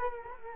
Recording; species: mosquito wingbeat signal from an infrared sensor; Culex quinquefasciatus